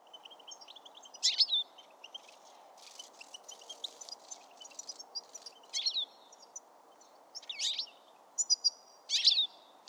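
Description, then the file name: European Goldfinch in a fast tinkling twitter, bright high notes mixed with harsher nasal bursts, coming in bursts throughout over steady background noise. "Carduelis carduelis"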